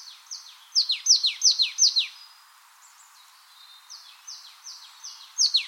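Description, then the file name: Marsh tit, two bursts of fast repeated descending notes, the first of about eight loud notes, the second softer and growing louder toward the end. "Poecile palustris"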